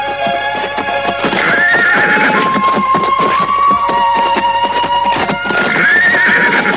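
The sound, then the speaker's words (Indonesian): At a palace gate, soldiers and their party mount horses: horses whinny in high, wavering cries at the start and again near the end, while a steady patter of hooves clip-clops underneath throughout, with no one speaking. “Di depan gerbang keraton, beberapa orang prajurit telah menunggu, dan ketika mereka tiba, semuanya segera naik ke kuda.”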